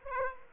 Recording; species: mosquito wingbeat signal from an infrared sensor; Aedes aegypti